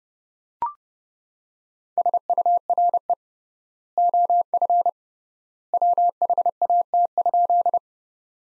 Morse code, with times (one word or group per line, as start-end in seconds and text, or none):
2.0-3.1 SURE
4.0-4.9 OF
5.7-7.8 WHAT?